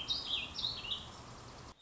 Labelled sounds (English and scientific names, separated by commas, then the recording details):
Warbling Vireo (Vireo gilvus)
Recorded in Sonoma County, California